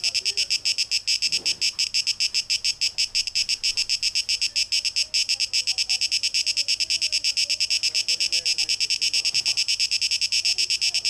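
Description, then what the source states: Cicadas buzzing loudly and steadily, the high hiss pulsing in a fast, even throb, with faint soft chirps underneath. Cicadas, 12 August 2023, tape echo mix.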